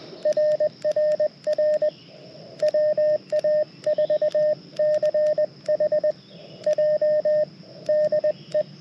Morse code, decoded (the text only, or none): RRR WA4CHJ DE